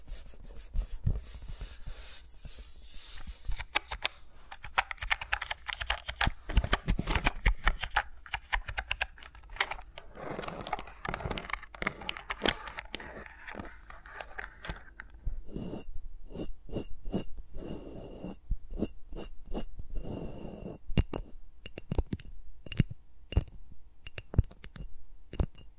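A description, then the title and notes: ASMR sounds of fingers moving around microphones, made up of dense, rapid tapping and scratching clicks that rarely pause. The first fifteen seconds are busier and rustly. After that come sharper, brighter ticks with a faint ringing, almost like typing or tapping on glass. ASMR with Mics Around My Fingers (No Talking).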